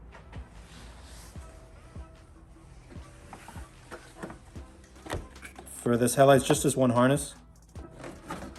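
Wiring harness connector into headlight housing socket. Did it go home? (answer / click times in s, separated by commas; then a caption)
no / none. Someone talks while handling the single wiring harness connector at the socket on the back of a replacement halogen headlight on a BMW E90, fitted as a pre-LCI to LCI headlight upgrade. Light taps and handling noises come through over faint background music, with louder speech near the end. The connector has not seated or clicked in yet.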